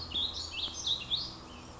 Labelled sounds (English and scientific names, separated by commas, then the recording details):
Warbling Vireo (Vireo gilvus)
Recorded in Sonoma County, California